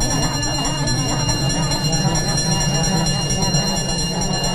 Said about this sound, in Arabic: وبعد الفسحة قرع الجرس.